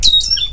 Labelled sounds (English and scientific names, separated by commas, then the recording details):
Stitchbird (Notiomystis cincta) song
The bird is a male
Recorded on Tiritiri Matangi Island, New Zealand, in 2005
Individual 14, of nest box 20